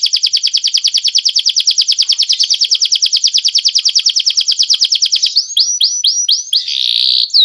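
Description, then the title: Bird song: a long rapid whistled trill of even notes, followed by several sharp upslurred whistles and a buzzy note. Training recording played to teach songbirds. "Suara masteran Burung"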